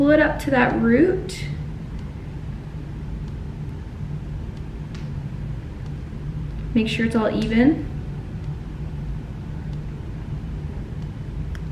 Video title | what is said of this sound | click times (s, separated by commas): Clip In Hair Extensions Tutorial - BellaMi | boom hear that snap make sure you snap it good guys | 11.6 s